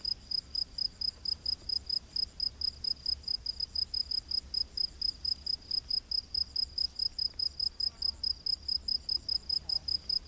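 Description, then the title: High cricket chirps pulsing quickly and steadily over a faint continuous trill, with soft low background hum throughout. Crickets calling in a humid rainforest at night. "Crickets of the Rainforest"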